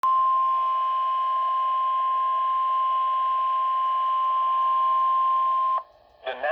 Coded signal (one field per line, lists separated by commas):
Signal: Emergency Alert System (SAME) tones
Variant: 1050 Hz attention tone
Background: speech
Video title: Severe Thunderstorm Warning (EAS #89)